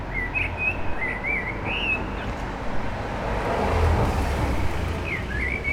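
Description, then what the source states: Common blackbird song, fluted wavering notes in the first two seconds and another phrase at the end, with continuous traffic noise below. Several blackbirds singing after sunset on a mild day, eve of the winter solstice, in Aix-les-Bains, France, with urban traffic.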